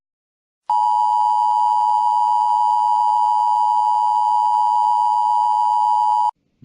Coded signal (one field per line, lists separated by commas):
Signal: Emergency Alert System (SAME) tones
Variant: 853 and 960 Hz attention tone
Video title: EAS: Paranormal Emergency